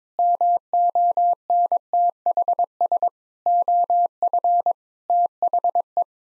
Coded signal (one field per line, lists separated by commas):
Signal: Morse code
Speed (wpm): 21 wpm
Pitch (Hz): 700 Hz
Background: none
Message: MONTHS OF THE